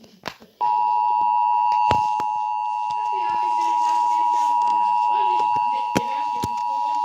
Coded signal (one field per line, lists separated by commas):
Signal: Emergency Alert System (SAME) tones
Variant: 853 and 960 Hz attention tone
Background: speech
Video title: EAS Tornado Watch EDIFIER